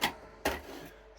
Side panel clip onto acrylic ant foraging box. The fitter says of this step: Ça se clipse comme ça.